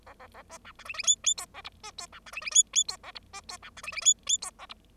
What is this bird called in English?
Bengalese Finch